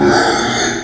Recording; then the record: squeal of a Yucatan mini pig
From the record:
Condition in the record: before surgery on the right vocal fold (resection and tissue-engineered implant); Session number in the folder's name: 3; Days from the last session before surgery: 0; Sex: female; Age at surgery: 19 weeks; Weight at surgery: 25 kg